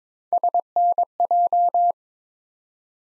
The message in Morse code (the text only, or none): SNJ